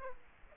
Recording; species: mosquito wingbeat signal from an infrared sensor; Aedes aegypti